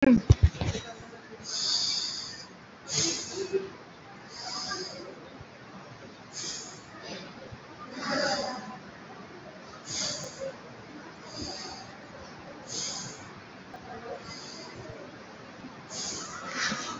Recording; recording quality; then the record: shallow breathing; excellent, no background noise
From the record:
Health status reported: COVID-19 positive, moderate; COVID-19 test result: positive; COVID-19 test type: RT-PCR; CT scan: taken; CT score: 6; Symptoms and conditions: fever, fatigue, muscle pain, diarrhoea, hypertension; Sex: male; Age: 45 years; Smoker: no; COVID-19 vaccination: one dose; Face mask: worn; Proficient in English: yes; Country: India